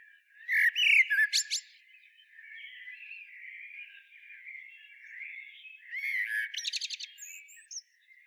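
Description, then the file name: Common blackbird calling with bright whistled notes and rapid stacked clicks in two bursts, the second a fast chattering series, with softer warbling between. "Turdus merula"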